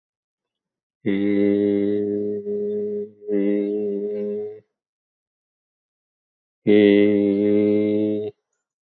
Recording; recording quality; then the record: sustained vowel as in made; excellent, no background noise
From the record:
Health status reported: healthy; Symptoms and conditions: none ticked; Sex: male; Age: 60 years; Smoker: not ticked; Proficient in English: yes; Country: India